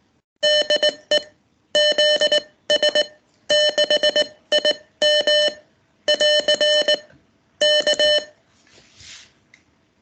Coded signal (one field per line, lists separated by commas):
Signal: Morse code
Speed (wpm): 19 wpm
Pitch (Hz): 600 Hz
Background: none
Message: DE ZS6IM <AR> K